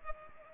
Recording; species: mosquito wingbeat signal from an infrared sensor; Culex pipiens